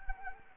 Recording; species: mosquito wingbeat signal from an infrared sensor; Anopheles arabiensis